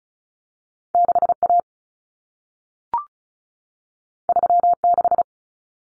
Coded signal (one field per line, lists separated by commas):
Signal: Morse code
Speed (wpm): 36 wpm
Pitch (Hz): 700 Hz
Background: none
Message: 6A 36